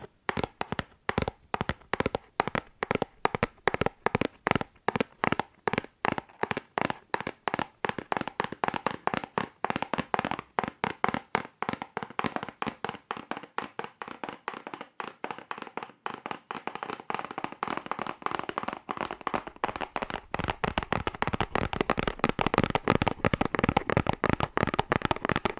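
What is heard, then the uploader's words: Fast, hard tapping on cardboard, sharp dry hits in a rapid steady stream that grows denser and more frantic past the halfway mark. ASMR Fast Aggressive Cardboard Tapping (No Talking).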